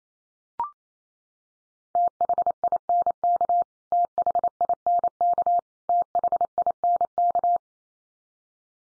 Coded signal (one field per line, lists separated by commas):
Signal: Morse code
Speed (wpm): 28 wpm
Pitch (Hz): 700 Hz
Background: none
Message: THINK THINK THINK